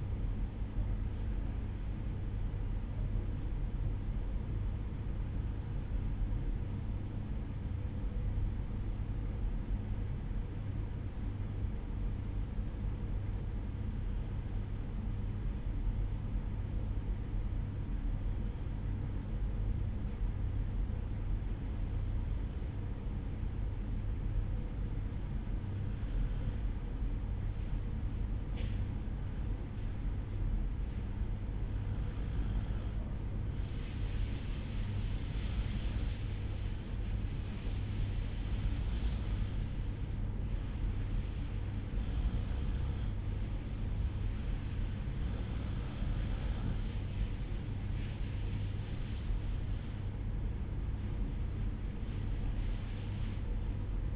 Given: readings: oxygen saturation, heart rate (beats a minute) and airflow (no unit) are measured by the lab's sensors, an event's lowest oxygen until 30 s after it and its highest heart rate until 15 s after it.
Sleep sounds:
breathing in sleep by a smartphone at the bedside; 1
4.00-48.00 s: hypopnea (N2, oxygen 94% highest, then 92% lowest, heart rate 58 at the start, 64 highest)
43.00-54.16 s: new sleep stage, N1 (lightest sleep)
From the record:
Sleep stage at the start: N2 (light sleep); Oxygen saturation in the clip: 91 to 94%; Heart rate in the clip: 57 to 62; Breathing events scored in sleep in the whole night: 305 in 9.6 hours asleep

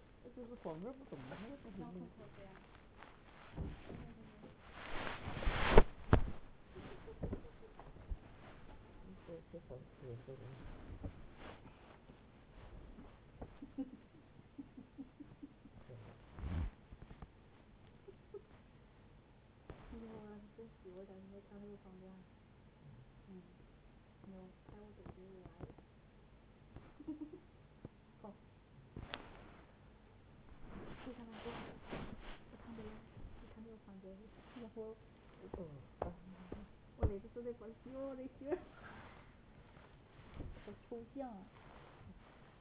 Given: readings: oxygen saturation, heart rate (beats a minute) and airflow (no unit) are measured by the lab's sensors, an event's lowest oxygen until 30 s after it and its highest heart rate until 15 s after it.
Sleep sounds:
a person awake in a sleep study, by a voice recorder at the bedside; none
0.00-42.61 s: awake
0.00-42.61 s: awake
From the record:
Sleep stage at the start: awake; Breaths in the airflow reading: 16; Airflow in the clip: -0.7 to 0.8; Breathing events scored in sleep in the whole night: 496 in 5.4 hours asleep

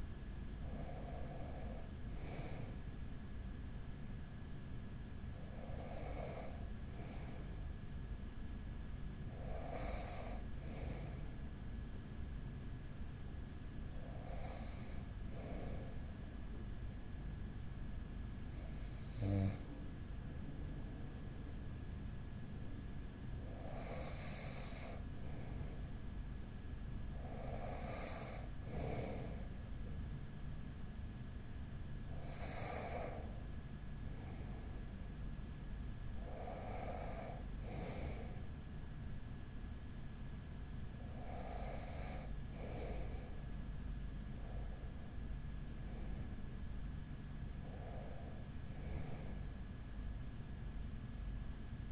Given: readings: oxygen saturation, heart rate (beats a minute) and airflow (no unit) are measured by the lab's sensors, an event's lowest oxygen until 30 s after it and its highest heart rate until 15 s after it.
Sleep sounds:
breathing in sleep by a smartphone at the bedside; none
none scored
From the record:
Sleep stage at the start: N1 (lightest sleep); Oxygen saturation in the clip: 94 to 96%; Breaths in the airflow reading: 12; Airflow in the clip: -5.2 to 4.7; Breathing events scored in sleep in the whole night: 207 in 7.6 hours asleep

